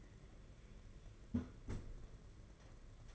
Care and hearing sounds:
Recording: daily activity, microphone in the room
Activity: close fridge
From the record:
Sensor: 4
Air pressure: 992.7 hPa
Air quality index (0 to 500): 166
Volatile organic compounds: 222 ppm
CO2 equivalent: 4282 ppm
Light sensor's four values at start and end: 19/65/24/25 and 19/66/24/25

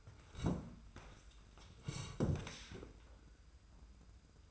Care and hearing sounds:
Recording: daily activity, microphone in the room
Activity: sit down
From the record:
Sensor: 2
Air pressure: 990.3 hPa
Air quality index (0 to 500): 180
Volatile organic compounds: 1000 ppm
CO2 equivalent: 5701 ppm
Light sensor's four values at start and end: 30/67/29/29 and 30/69/29/29

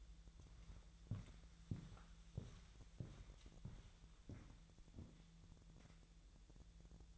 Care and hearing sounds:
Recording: daily activity, microphone in the room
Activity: walk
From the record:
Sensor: 3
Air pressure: 1002.0 hPa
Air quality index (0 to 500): 241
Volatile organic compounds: 108 ppm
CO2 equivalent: 3804 ppm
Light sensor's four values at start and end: 8/19/8/8 and 8/20/8/9

